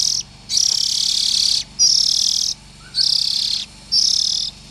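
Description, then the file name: Oriental magpie-robin giving loud rasping hisses in quick succession, an early one the longest, with a brief soft chirp in one gap. Young birds. "Tieng chim chich choe than non"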